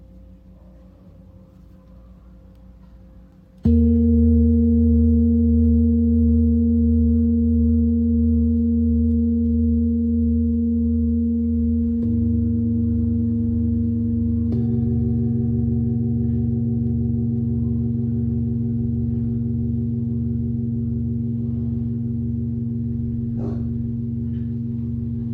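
A Tibetan singing bowl is struck near 4 seconds and rings in a loud, sustained, low hum with steady overtones, after a quiet lead-in. Its tone shifts at about 12 and 14 seconds, gaining a slow pulsing waver, and a light tap sounds near 23 seconds.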